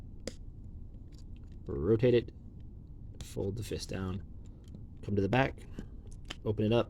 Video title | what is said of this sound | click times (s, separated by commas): Transformers Legacy - Blaster | fold his arm down until it clicks | 0.3 s